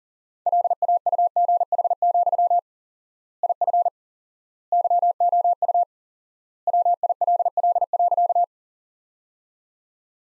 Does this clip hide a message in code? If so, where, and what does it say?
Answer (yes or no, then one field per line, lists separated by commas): yes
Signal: Morse code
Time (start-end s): 0.5-8.4 s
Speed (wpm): 40 wpm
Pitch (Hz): 700 Hz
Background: none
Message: LAUGH, IF YOU WILL.